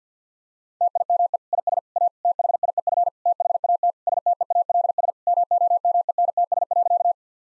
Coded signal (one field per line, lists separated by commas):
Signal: Morse code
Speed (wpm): 50 wpm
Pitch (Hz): 700 Hz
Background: none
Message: TIME IS A THIEF THAT STEALS MOMENTS.